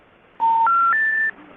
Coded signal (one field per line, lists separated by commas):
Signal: telephone call progress tone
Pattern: special information tone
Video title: Don’t Approach It; An EAS Scenario